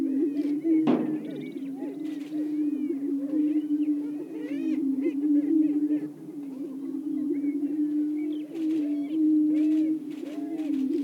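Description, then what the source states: Greater prairie-chickens boom in a low continuous drone with many rising whoops, a loud thump near the start and scattered sharp cackling bursts. Several greater prairie-chickens calling.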